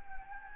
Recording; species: mosquito wingbeat signal from an infrared sensor; Anopheles gambiae